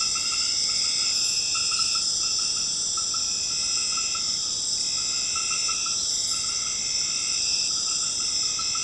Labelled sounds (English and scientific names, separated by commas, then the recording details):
none
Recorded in secondary vegetation near Puerto Asís, Putumayo, Colombia, on 12 March 2025 at 20:30
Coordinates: 0.485, -76.322
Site G040